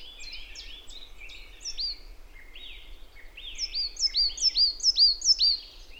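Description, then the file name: Marsh tit calls: scattered thin notes, then a steady run of loud, high, down-slurred chirps repeated about twice each second. "Poecile palustris"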